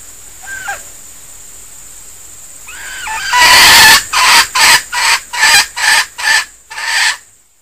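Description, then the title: Junglefowl hen calls: a few soft notes, then a loud burst followed by a series of several harsh, clipped cackles. Female; the call is a denak call. "Suara Ayam Hutan Betina. SUARA DENAK AYAM HUTAN"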